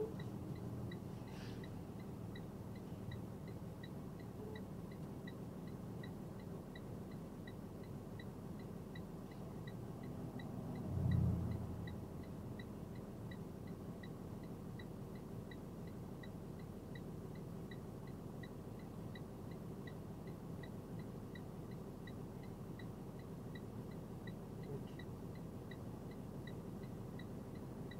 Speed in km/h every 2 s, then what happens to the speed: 3, 0, 0, 0, 0, 0, 0, 0, 0, 0, 0, 0, 0, 0.
1-28 standing.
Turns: none.